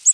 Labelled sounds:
Ovenbird flight call

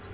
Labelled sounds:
Black-throated Green Warbler flight call

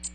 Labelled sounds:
American Redstart flight call

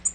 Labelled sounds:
Tennessee Warbler flight call

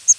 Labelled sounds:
Palm Warbler flight call

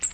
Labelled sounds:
Magnolia Warbler flight call

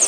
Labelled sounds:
Pine Warbler flight call

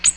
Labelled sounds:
Ovenbird flight call

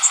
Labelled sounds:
Magnolia Warbler flight call

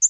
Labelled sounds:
American Redstart flight call

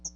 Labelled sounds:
Hooded Warbler flight call

